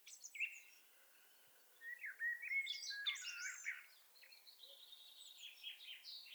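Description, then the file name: Common blackbird song with mellow fluted whistles that break into a scratchy high twitter, trailing off into quieter squeaky notes. "Turdus merula"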